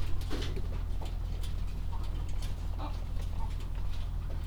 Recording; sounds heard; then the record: poultry house recording; sick chickens (respiratory disease)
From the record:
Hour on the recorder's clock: 18